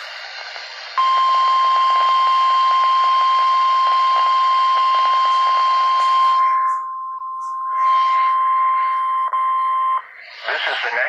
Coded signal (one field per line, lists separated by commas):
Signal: Emergency Alert System (SAME) tones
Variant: 1050 Hz attention tone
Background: speech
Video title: EAS: WXL40 Weekly Test (7/10/19)(EAS #132)